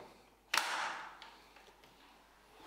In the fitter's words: man klickt einfach nur zusammen